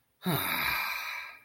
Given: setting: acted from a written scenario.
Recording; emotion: vocal sound without words; serenity